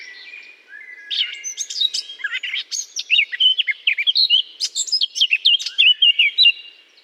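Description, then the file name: Eurasian blackcap song: a thin opening note, then a lively, jumbled warble of high twittering and fluty notes. Singing in a holly bush. "chant de fauvette a tete noire dans houx"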